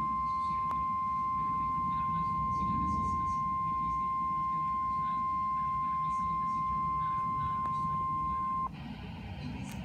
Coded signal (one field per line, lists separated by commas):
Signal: Emergency Alert System (SAME) tones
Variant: 1050 Hz attention tone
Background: speech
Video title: Required Weekly Test | EAS#34 10/9/2019